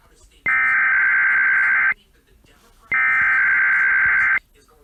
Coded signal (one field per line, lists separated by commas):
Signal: Emergency Alert System (SAME) tones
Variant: header bursts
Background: speech